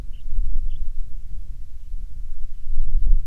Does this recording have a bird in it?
yes